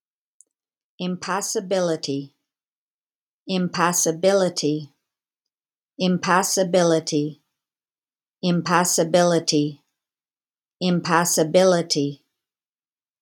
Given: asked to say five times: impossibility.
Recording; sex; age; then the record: repeated word; female; 60 to 69 years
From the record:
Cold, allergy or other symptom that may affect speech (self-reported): no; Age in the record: 66 years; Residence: Texas, United States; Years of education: 18